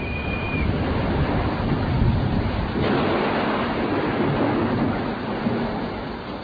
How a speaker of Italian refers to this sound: La pioggia inizia a battere fitta su mille ombrelli aperti, sugli impermeabili, sui giubbotti.